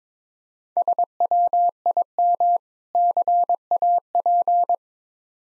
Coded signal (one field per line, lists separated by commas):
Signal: Morse code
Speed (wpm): 22 wpm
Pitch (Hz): 700 Hz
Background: none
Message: SWIM CAP